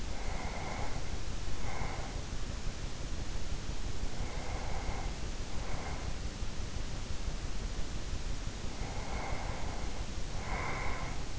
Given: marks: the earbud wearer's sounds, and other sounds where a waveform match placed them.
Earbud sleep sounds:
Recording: sounds in sleep by an in-ear microphone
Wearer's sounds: breath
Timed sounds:
0.00-2.43 s: breath
4.02-6.53 s: breath
8.60-11.39 s: breath

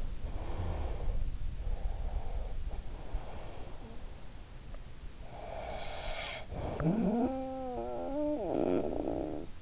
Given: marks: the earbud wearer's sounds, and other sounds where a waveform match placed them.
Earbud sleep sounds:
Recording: sounds in sleep by an in-ear microphone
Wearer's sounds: breath, snoring breath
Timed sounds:
0.13-4.88 s: breath
5.16-9.62 s: snoring breath

